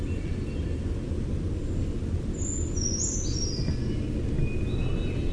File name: BRCR song